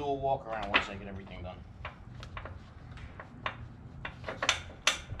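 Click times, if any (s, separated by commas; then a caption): 4.9 s. Someone talks while fitting the webbing strap end of an Erickson wheel chock tie-down system into its metal clip or ratchet on the trailer chock, with the webbing run down the middle of an ATV tire. A few short knocks and clacks lead up to a sharp click at 4.9 s as the strap clip seats into the chock, securing the tire; it has to click into place to be in.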